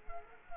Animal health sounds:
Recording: mosquito wingbeat signal from an infrared sensor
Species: Culex quinquefasciatus

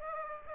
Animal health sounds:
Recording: mosquito wingbeat signal from an infrared sensor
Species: Aedes aegypti

